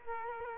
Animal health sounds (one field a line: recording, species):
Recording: mosquito wingbeat signal from an infrared sensor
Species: Culex quinquefasciatus